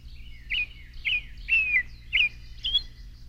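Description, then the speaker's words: Baltimore Oriole song: five short, rich whistled phrases spaced about half a second apart. Orange and black bird whose bag-like nests hang 10 feet or more from high branches; many families may share a nest. "Now we are listening to the oriole."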